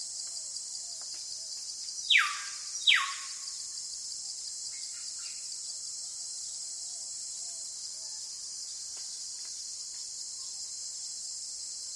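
A steady, dense insect drone hums high and unbroken through the whole forest scene. Just after two seconds, two loud, quick falling calls, likely a bird, sweep downward about a second apart. Faint scattered chirps and clicks sit underneath the rest.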